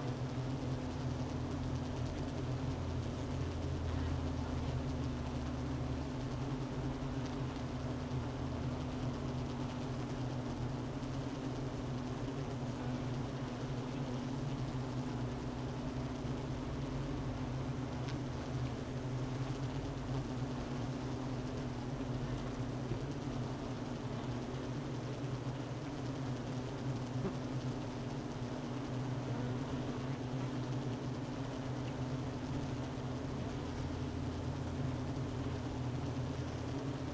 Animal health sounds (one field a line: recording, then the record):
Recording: honeybee colony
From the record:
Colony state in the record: missing queen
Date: 31 May 2018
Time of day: 12:36